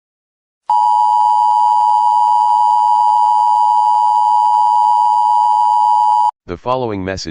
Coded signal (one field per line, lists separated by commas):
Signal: Emergency Alert System (SAME) tones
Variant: 853 and 960 Hz attention tone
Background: speech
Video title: Permanent Total Solar Eclipse An EAS Scenario